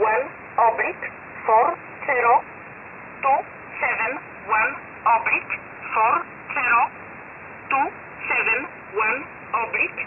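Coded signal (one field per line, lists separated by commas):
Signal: numbers station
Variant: E11 Oblique, English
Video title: 10 11 2021 Number station E11 Oblique in English to Eu 0930 on 7469 unknown tx site in USB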